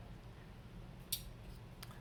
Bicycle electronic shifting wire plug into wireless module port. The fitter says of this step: so put it in and then go ahead and push it until you hear a snap